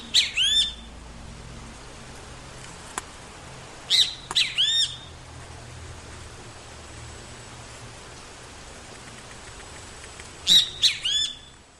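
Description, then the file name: Great kiskadee calls, sharp grouped phrases of rising, ringing notes repeated three times with long pauses between, over constant background hiss. "Benteveo Comun"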